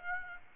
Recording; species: mosquito wingbeat signal from an infrared sensor; Aedes aegypti